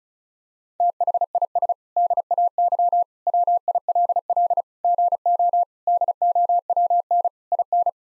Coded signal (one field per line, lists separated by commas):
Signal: Morse code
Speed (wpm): 36 wpm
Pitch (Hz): 700 Hz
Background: none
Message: THIS DAY WILL GO DOWN IN